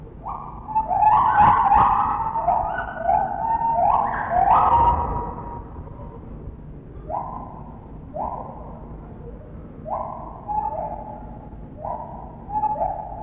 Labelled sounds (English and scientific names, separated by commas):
Lar Gibbon (Hylobates lar)